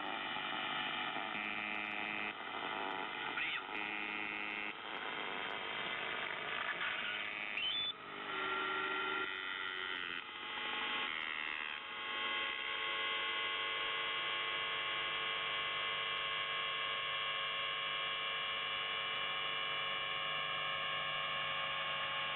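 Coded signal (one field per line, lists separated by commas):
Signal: channel marker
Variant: UVB-76 (The Buzzer)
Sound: harsh droning buzz, rich in harmonics, over shortwave hiss with brief disturbances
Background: radio static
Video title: NZhTI S28 4625kHz USB 0757UTC 04/03/2023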